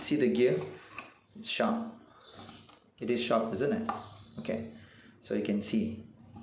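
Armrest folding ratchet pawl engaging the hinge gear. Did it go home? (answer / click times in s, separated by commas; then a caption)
no / none. Someone talks while handling the folding mechanism of an Audi A4 B6/B7 platform armrest, where a sharp metal ratchet pawl tooth engages the hinge gear. Speech dominates, with a faint, brief knock near 2.7 s. The armrest is being handled but has not yet been raised, and nothing has clicked into a lock position yet.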